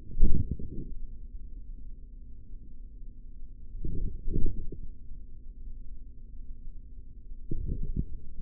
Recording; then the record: forearm muscle sounds (acoustic myography)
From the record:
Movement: forearm supination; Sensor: system 3, bracelet of six PUI Audio POM-2738L microphones around the upper forearm, with dedicated amplification and filtering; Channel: 5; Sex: male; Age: 56 years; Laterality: right